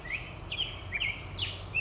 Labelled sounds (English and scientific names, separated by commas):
Black-headed Grosbeak (Pheucticus melanocephalus)